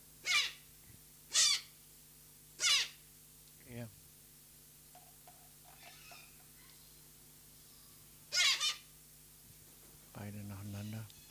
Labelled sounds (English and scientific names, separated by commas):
Silvery-cheeked Hornbill (Bycanistes brevis) call